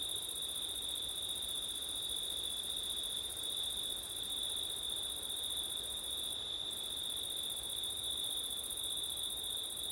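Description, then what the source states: Cricket chorus, a constant high-pitched ringing trill that never pauses, with a thinner, higher trill above and gentle background hiss. Crickets singing on a September night in wind, recorded with an ORTF setup.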